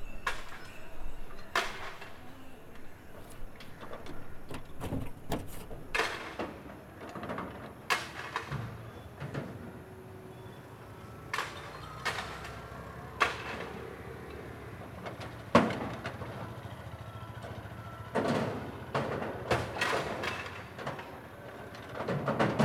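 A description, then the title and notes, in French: A street scene from a sound postcard of northern India, full of sharp knocks, clacks and rattles that strike irregularly every second or so over a low, steady rumble. Faint voices and passing traffic murmur underneath, with a brief louder burst near the end. Été 2013 - Une carte postale sonore de l'Inde du Nord, depuis les sommets du Laddak aux berges du Gange à Bénarès, en passant par le désert de Jaisalmer et la folie de New Delhi. Prises de sons, réalisation de Lætitia Audinet et Mathieu Maurice.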